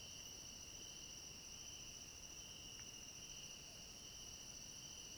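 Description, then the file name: Crickets chorusing in a continuous, steady high trill with an unbroken shimmering tone and a second, higher tone above, over low background hiss. Chorus of crickets at night. "Coro de grilos a noite com cachorro longe"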